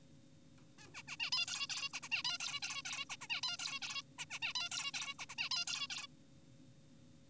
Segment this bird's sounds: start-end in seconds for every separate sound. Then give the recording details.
0.79-0.87, 0.94-1.02, 1.08-1.16, 1.20-1.30, 1.32-1.46, 1.48-1.67, 1.70-1.89, 1.94-2.00, 2.03-2.09, 2.12-2.23, 2.25-2.38, 2.40-2.60, 2.62-2.82, 2.85-3.05, 3.10-3.17, 3.21-3.28, 3.30-3.41, 3.43-3.57, 3.59-3.79, 3.82-4.02, 4.19-4.26, 4.30-4.39, 4.42-4.53, 4.55-4.69, 4.72-4.92, 4.94-5.14, 5.19-5.26, 5.30-5.35, 5.38-5.49, 5.51-5.65, 5.68-5.87, 5.90-6.07. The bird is an adult. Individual g4p5U